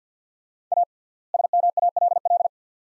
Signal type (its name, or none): Morse code